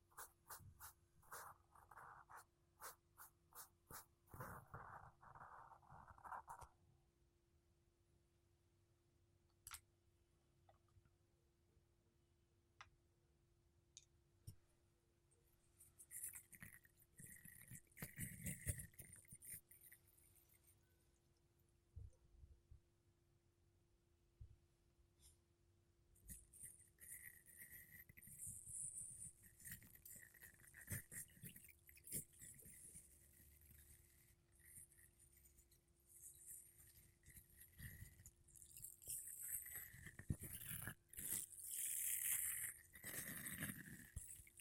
Mic Brushing Using Makeup Brushes and Sponge